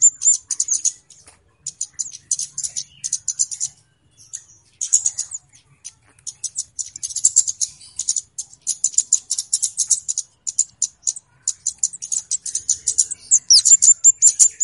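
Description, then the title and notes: Flowerpecker chirping: fast runs of sharp high ticks, with short pauses. Local names kemade and cabe cabean; clear recording used as a lure (pikat). "Kicau Burung Kemade ( Cabe Cabean) Jernih. Suara Burung Cabe Cabean Pikat"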